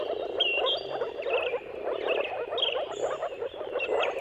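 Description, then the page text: Moor frogs calling together in a continuous low bubbling chorus, a few thin bird whistles heard faintly on top. Mating chorus of many moor frogs at sunrise at the turn of March and April, timing depending on the weather. "Jakub-Orzecki moor frogs. Dawn’s Chorus: Mating Calls of Marsh Frogs at Sunrise. Depending on the weather at the turn of March and April, you can witness an amazing spectacle of moor frogs"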